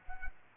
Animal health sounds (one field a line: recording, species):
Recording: mosquito wingbeat signal from an infrared sensor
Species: Culex quinquefasciatus